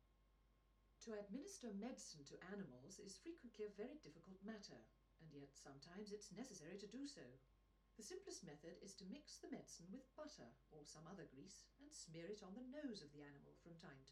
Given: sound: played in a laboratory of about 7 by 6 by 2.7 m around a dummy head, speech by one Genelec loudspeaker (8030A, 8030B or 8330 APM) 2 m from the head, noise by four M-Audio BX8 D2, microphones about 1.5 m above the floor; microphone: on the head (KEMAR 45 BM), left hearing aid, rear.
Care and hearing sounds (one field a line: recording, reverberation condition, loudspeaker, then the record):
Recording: female speech in English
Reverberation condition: low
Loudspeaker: in front (0 degrees)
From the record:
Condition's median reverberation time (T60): about 310 ms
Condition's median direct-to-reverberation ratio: about 3.5 dB